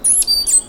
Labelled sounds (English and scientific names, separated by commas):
Stitchbird (Notiomystis cincta) song